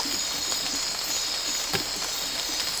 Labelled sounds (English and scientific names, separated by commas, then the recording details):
none
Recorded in dense forest near Puerto Asís, Putumayo, Colombia, on 8 March 2025 at 03:00
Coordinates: 0.467, -76.328
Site G041